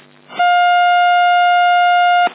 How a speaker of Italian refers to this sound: Questo è il cicalino, adesso te lo faccio sentire, in cala. Serviva per fare chiamata, no? Anziché fare il circuito oppure Black si faceva il cicalino 40 anni fa, no? Anche di più. Te lo faccio sentire, senti.